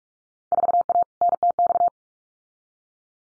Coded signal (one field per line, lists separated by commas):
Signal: Morse code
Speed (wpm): 46 wpm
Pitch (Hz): 700 Hz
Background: none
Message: 4A NTX